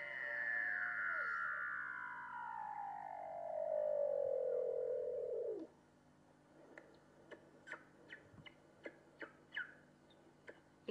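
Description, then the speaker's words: Weddell seal call: a long whistled glide falling steadily from high to low, followed by a series of short, sharp pulses. Striking sounds. "Ahora vamos a escuchar los llamativos sonidos de la foca de Weddell."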